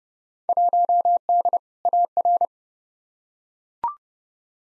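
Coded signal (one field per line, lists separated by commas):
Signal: Morse code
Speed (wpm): 29 wpm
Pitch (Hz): 700 Hz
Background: none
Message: 1D AR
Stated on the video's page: Field Day exchange head-copy drill at 30wpm, each exchange sent in Morse, spoken, then sent again.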